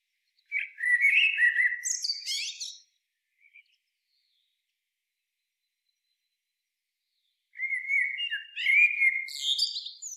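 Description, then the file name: Eurasian blackbird delivering two fluted, melodious phrases that end in high, twittering squeaks, spaced nearly five seconds apart against a silent background. "Turdus merula"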